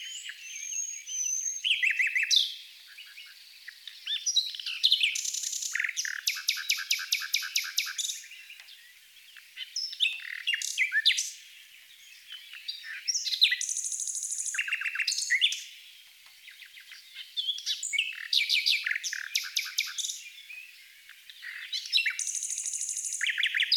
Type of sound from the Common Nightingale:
song